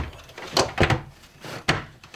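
A European clip-on cabinet door hinge that had not fully locked onto its mounting plate is pushed back home on a wood cabinet. A few handling knocks come before a sharp click at 1.7 s, as the hinge seats onto the plate.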